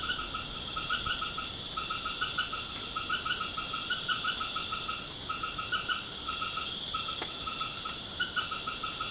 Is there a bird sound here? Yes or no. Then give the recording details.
no. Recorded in pastures near Puerto Asís, Putumayo, Colombia, on 30 June 2025 at 21:00. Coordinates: 0.496, -76.326. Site GP01